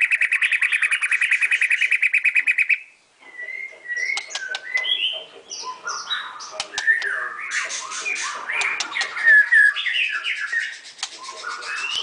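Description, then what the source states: White-rumped shama song: a fast rattling trill for three seconds, a brief pause, then a rich varied run of whistles, slurs and sharp clicks. Masteran song used for training songbirds.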